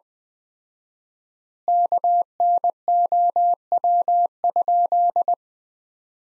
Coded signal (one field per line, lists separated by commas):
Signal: Morse code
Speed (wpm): 20 wpm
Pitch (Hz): 700 Hz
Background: none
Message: KNOW?